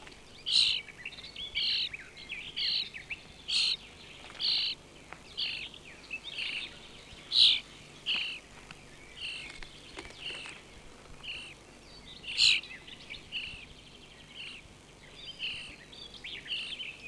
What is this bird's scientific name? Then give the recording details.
Sturnus vulgaris. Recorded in the wild. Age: adult. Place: Horscha, Sachsen, DE. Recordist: Meyer, Hugo